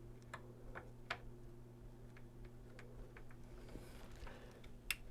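A SATA data cable plug is worked into its port, with a few light ticks and taps of fiddling over a steady low hum. At 4.9 s the plug gives a sharp, bright click as it seats home, and the SATA data cable is connected.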